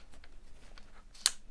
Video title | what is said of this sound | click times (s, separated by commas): Ликбез по патронам | щелчок произошел вот и | 1.3 s